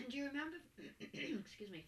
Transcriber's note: she clears her throat